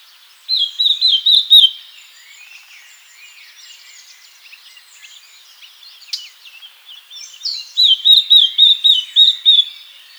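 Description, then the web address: Eurasian blackcap song: a short series of clear, pulsing fluted notes, low warbling in between, then another loud fluty phrase near the end. "SETE Sylvia atricapilla"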